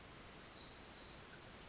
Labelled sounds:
Pacific Wren (Troglodytes pacificus)

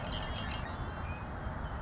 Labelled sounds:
Red-winged Blackbird (Agelaius phoeniceus)

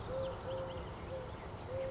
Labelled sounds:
Eurasian Collared Dove (Streptopelia decaocto)

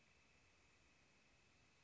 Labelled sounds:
Northern Flicker (Colaptes auratus)

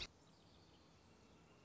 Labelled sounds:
Northern Flicker (Colaptes auratus)

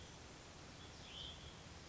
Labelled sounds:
Hutton's Vireo (Vireo huttoni)

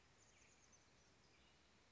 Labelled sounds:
Chestnut-backed Chickadee (Poecile rufescens)

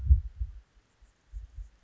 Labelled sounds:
Anna's Hummingbird (Calypte anna)

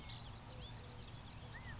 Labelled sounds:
California Quail (Callipepla californica)

